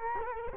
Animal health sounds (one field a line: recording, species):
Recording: mosquito wingbeat signal from an infrared sensor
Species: Culex quinquefasciatus